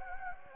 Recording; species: mosquito wingbeat signal from an infrared sensor; Anopheles gambiae